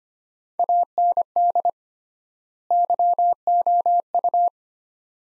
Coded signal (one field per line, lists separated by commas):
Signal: Morse code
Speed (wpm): 25 wpm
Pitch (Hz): 700 Hz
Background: none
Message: AND YOU